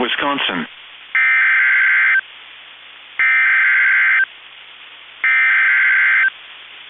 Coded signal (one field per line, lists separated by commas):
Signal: Emergency Alert System (SAME) tones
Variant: header bursts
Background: speech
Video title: EAS Tornado Warning Dakota And Rice County Minnesota NOAA Weather Radio KEC65 MInneapolis, MN